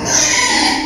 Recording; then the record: squeal of a Yucatan mini pig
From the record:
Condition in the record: before surgery on the right vocal fold (resection and tissue-engineered implant); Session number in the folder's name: 2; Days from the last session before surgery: 0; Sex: male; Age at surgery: 12 weeks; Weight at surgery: 13 kg